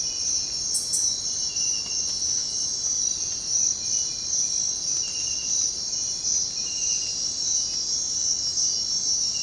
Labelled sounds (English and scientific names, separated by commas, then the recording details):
none
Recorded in secondary vegetation near Puerto Asís, Putumayo, Colombia, on 9 March 2025 at 05:30
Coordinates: 0.484, -76.319
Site G010